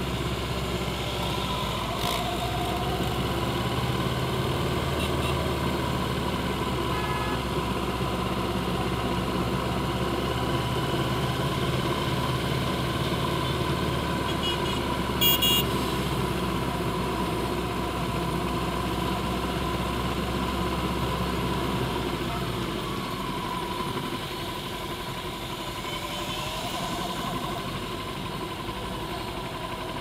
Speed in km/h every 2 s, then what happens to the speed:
13, 16, 15, 13, 15, 15, 16, 13, 13, 15, 11, 8, 10, 10, 8.
0-30 steady at about 13.